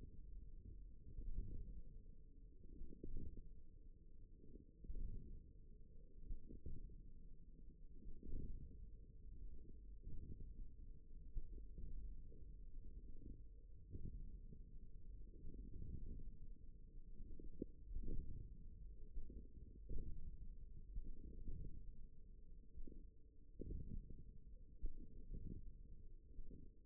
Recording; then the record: forearm muscle sounds (acoustic myography)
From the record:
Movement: radial deviation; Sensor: system 1, eight BSWA MPA416 microphones around the upper forearm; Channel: 4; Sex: male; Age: 54 years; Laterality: right